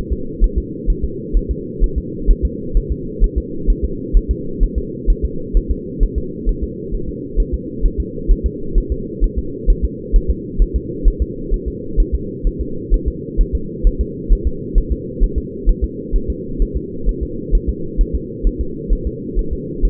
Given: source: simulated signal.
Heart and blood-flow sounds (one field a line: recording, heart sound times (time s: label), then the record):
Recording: fetal heart sounds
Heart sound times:
0.13 s: S2
0.44 s: S1
0.58 s: S2
0.90 s: S1
1.04 s: S2
1.37 s: S1
1.51 s: S2
1.84 s: S1
1.98 s: S2
2.30 s: S1
2.45 s: S2
2.77 s: S1
2.92 s: S2
3.24 s: S1
3.38 s: S2
3.70 s: S1
3.84 s: S2
4.17 s: S1
4.31 s: S2
4.63 s: S1
4.78 s: S2
5.10 s: S1
5.25 s: S2
5.57 s: S1
5.71 s: S2
6.03 s: S1
6.18 s: S2
6.49 s: S1
6.63 s: S2
6.95 s: S1
7.09 s: S2
7.40 s: S1
7.54 s: S2
7.85 s: S1
8.00 s: S2
8.31 s: S1
8.46 s: S2
8.78 s: S1
8.92 s: S2
9.24 s: S1
9.38 s: S2
9.70 s: S1
9.85 s: S2
10.16 s: S1
10.30 s: S2
10.62 s: S1
10.76 s: S2
11.08 s: S1
11.22 s: S2
11.54 s: S1
11.68 s: S2
12.00 s: S1
12.14 s: S2
12.47 s: S1
12.61 s: S2
12.94 s: S1
13.08 s: S2
13.41 s: S1
13.55 s: S2
13.87 s: S1
14.01 s: S2
14.32 s: S1
14.47 s: S2
14.78 s: S1
14.92 s: S2
15.23 s: S1
15.38 s: S2
15.69 s: S1
15.84 s: S2
16.16 s: S1
16.30 s: S2
16.62 s: S1
16.77 s: S2
17.09 s: S1
17.23 s: S2
17.55 s: S1
17.69 s: S2
18.01 s: S1
18.15 s: S2
18.47 s: S1
18.61 s: S2
18.93 s: S1
19.07 s: S2
19.39 s: S1
19.53 s: S2
19.85 s: S1
From the record:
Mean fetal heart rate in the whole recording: 130 bpm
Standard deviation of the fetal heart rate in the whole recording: 2 bpm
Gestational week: 38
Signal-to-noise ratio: -4.3 dB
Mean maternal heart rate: 72 bpm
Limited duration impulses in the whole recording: absent